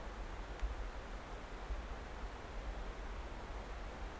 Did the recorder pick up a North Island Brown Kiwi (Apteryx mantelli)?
no